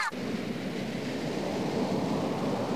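Sea waves make a steady, continuous rushing roar with no pauses or distinct breaks, holding an even loudness throughout and with no voices heard.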